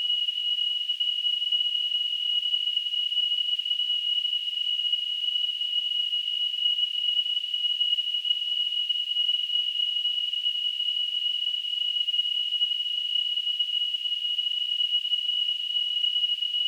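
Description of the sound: A steady, unbroken high-pitched whistle with a faint hiss around it holds at the same loudness for about 17 seconds. It is a simulation of tonal tinnitus, a ringing that a person hears with no outside sound present.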